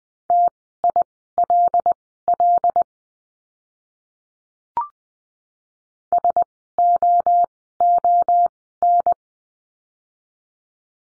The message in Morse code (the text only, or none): TILL SOON